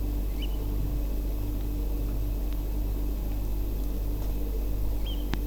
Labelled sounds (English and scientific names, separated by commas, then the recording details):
Eurasian Oystercatcher (Haematopus ostralegus)
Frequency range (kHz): Eurasian Oystercatcher (Haematopus ostralegus) 1.8-6.2 kHz
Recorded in France